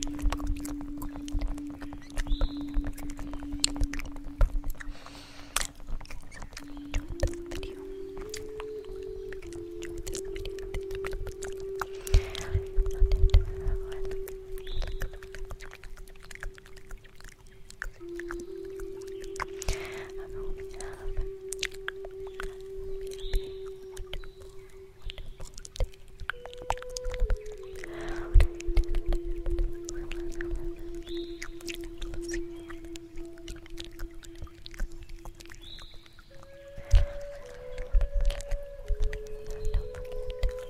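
A breathy flute plays long, slow held notes, stepping upward early on, then settling and shifting between a few pitches with soft slides. Beneath it runs a constant rustling, crackling hiss with scattered clicks, and a faint low rumble.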